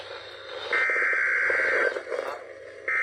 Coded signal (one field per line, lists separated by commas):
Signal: Emergency Alert System (SAME) tones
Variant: header bursts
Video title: KKXX CAUGHT IT A TEST... EAS Alerts from June 2025 (EAS#4,153 - #4,197)